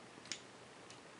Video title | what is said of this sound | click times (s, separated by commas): Review FR - Transformers DOTM - BackFire HAB | On reclipse. | 0.3 s